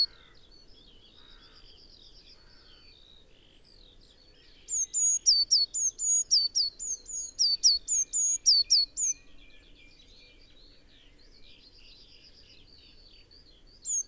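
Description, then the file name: Eurasian blue tit delivering a rapid series of very high, thin notes for about four seconds, with softer twittering before and after. "Cyanistes caeruleus"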